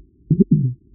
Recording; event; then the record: neck accelerometer signal played as sound; voluntary cough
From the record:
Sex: female